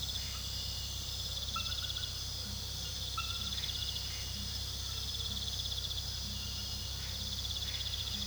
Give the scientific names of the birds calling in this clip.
none